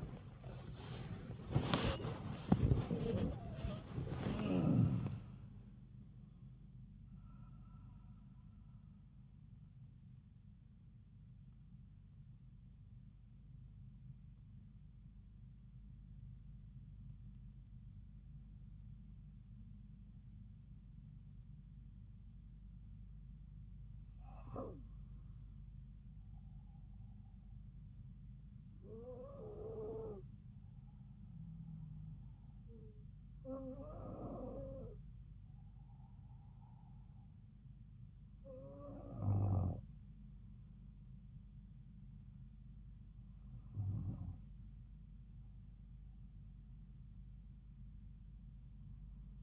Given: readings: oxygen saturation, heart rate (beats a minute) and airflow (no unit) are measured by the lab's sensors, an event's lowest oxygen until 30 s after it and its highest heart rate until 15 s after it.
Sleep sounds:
breathing in sleep by a smartphone at the bedside; 1
5.00-35.00 s: new sleep stage, N1 (lightest sleep)
11.00-25.30 s: hypopnea (N1, oxygen 97% highest, then 92% lowest)
35.00-49.43 s: new sleep stage, N2 (light sleep)
From the record:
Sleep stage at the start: N2 (light sleep); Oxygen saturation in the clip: 92 to 97%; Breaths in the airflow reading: 9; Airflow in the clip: -5.7 to 8.8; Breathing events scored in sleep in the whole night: 270 in 6.1 hours asleep

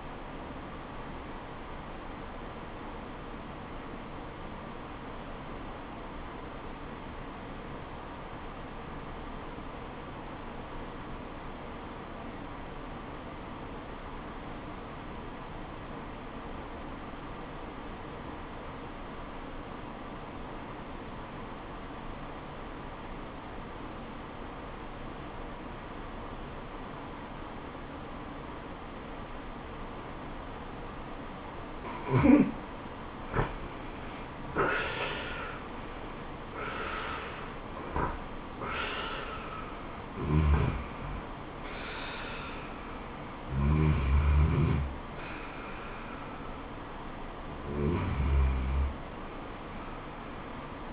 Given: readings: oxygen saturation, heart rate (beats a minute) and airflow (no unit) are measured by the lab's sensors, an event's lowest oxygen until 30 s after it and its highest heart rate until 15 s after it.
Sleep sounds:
breathing in sleep by a voice recorder at the bedside; 1
6.00-32.90 s: obstructive apnea (REM, oxygen 94% highest, then 82% lowest, heart rate 75 at the start, 87 highest)
From the record:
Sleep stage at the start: REM sleep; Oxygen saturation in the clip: 86 to 96%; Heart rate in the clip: 65 to 87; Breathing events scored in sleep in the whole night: 426 in 7.4 hours asleep

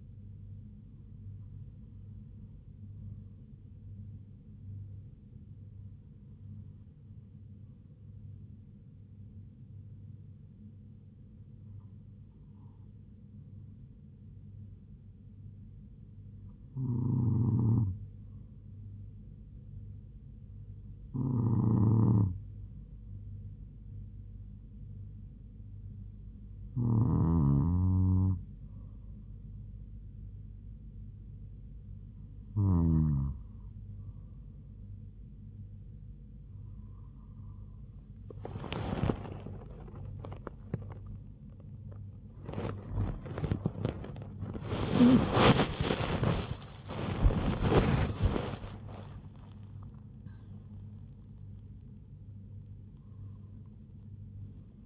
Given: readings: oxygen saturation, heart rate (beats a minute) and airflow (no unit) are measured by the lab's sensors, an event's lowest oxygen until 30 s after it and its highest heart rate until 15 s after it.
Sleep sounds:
breathing in sleep by a smartphone at the bedside; 1
8.00-39.10 s: hypopnea (N2, oxygen 97% highest, then 95% lowest, heart rate 74 at the start, 93 highest)
42.00-54.86 s: new sleep stage, N1 (lightest sleep)
From the record:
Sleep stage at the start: N2 (light sleep); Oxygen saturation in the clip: 95 to 97%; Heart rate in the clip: 70 to 93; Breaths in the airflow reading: 12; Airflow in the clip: -9.6 to 9.2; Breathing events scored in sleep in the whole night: 158 in 7.3 hours asleep

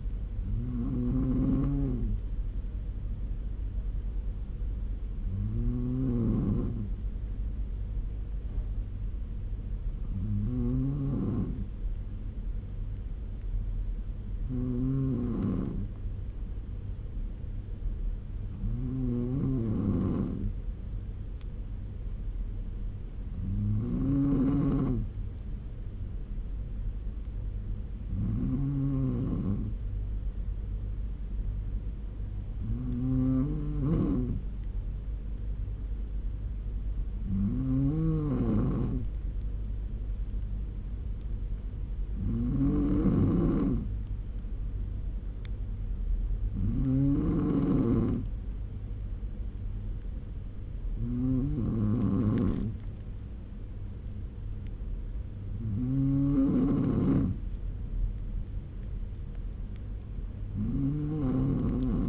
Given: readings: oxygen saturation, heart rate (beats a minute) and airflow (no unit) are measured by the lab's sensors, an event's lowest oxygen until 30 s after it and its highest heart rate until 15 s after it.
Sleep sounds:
breathing in sleep by a smartphone at the bedside; none
none scored
From the record:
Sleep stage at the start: N2 (light sleep); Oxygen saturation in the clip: 94 to 96%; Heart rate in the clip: 67 to 78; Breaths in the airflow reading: 14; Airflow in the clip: -4.6 to 3.7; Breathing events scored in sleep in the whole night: 201 in 6.5 hours asleep

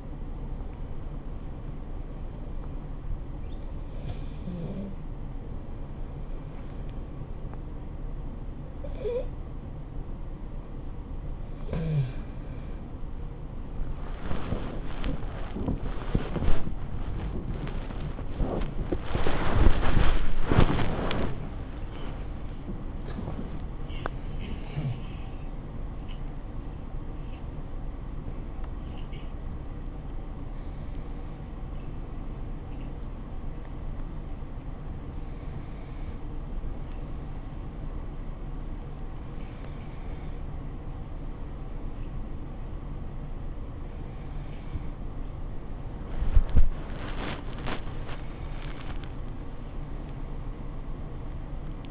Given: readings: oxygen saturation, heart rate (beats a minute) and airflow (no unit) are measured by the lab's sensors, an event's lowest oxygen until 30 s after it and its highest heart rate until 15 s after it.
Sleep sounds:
a person awake in a sleep study, by a smartphone at the bedside; none
0.00-51.91 s: awake
From the record:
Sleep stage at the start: awake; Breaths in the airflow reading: 21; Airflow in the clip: -0.7 to 0.8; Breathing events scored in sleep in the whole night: 403 in 5.5 hours asleep

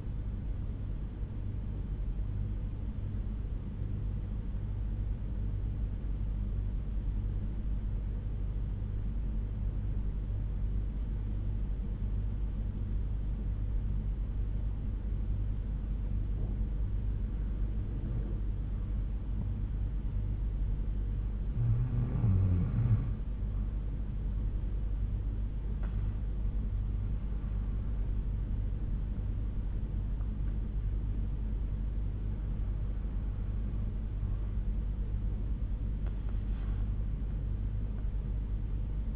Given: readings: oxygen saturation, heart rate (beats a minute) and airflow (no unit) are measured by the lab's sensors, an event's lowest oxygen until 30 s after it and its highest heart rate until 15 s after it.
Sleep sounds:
breathing in sleep by a smartphone at the bedside; 1
5.00-22.80 s: hypopnea (N2, oxygen 96% highest, then 91% lowest, heart rate 58 at the start, 77 highest)
From the record:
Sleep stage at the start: N2 (light sleep); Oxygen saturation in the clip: 90 to 96%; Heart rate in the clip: 58 to 77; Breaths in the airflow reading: 6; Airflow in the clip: -6.6 to 6.1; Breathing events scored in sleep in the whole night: 368 in 8.0 hours asleep

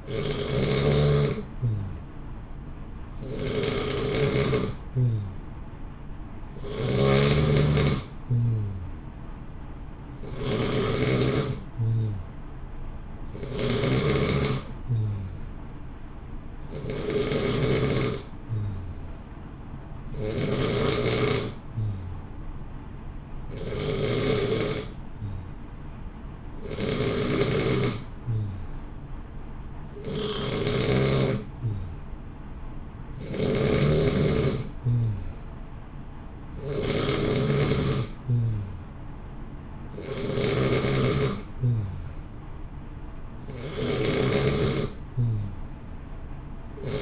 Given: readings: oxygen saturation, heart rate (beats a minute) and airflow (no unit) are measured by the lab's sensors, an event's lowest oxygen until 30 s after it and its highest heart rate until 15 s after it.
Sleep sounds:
breathing in sleep by a smartphone at the bedside; none
17.00-47.02 s: new sleep stage, N2 (light sleep)
From the record:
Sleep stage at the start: N3 (deep sleep); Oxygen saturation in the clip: 89 to 91%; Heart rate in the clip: 59 to 63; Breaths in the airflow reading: 14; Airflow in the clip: -0.8 to 1.0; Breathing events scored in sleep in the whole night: 328 in 6.3 hours asleep

